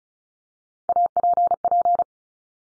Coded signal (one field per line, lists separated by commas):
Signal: Morse code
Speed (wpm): 36 wpm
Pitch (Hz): 700 Hz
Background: none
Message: APP